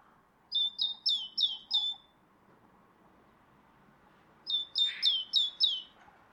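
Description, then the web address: Great tit calls: two runs of five bright, high notes, each dropping in pitch, the runs separated by a few seconds. "SETE data Parus major"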